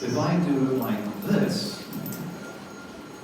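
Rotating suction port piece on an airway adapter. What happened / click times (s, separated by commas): Rotating adapter piece handled out of alignment, no seating click / none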